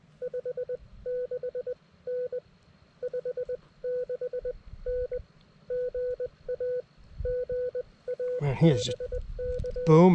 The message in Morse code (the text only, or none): 56N 56N GA GA BK